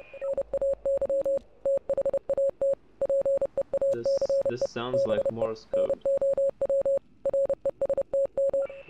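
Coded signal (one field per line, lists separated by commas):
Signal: Morse code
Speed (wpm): 30 wpm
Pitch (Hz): 550 Hz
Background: speech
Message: NAY THAT PEACE BE NOW RESTM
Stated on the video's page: Morse code heard in the game Oxenfree.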